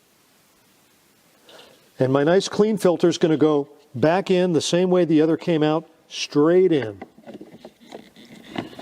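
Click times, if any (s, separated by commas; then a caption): 8.6 s. On a 2008 Suzuki SX4, a new, clean pleated cabin air filter in a plastic frame is slid straight into the HVAC filter housing behind the glove box while someone talks. After the talking stops, a few light taps are heard as the filter is pushed in. It clicks into place at 8.6 s, seated in the housing.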